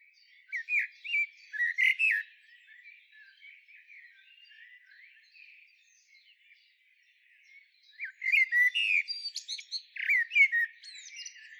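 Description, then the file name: Common blackbird singing two fluty warbled phrases, each ending in squeaky high twittering, with quieter scratchy notes in the pause between them. "Turdus merula"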